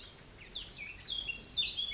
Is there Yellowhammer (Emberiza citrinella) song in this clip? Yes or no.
no